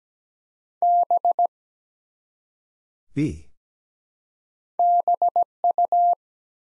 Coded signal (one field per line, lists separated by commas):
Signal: Morse code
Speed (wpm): 17 wpm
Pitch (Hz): 700 Hz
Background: none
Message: B BU